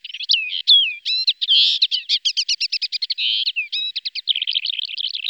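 Lesser short-toed lark song, a fast continuous jumble of high chirps, trills and buzzy notes, ending in a rapid rattling run.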